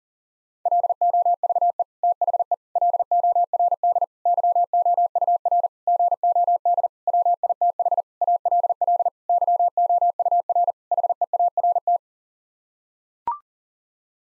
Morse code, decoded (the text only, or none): LOVE THE LORD YOUR GOD WITH ALL YOUR HEART